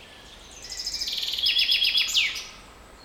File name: Fringilla coelebs